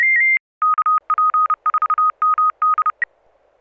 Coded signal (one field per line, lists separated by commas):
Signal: Morse code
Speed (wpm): 34 wpm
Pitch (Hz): 1250 Hz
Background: none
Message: KP4MD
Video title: N6NA SSTV Net - 08/09/2023